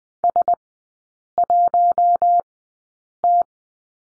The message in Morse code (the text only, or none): S1T